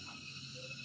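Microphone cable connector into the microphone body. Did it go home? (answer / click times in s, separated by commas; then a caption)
no / none. Someone handles the metal cable connector on a cheap karaoke microphone, working it into the microphone body. Only a steady, even background hiss is heard with no distinct hit. Nothing has seated or clicked; the connector already fails to click in and may wear out quickly.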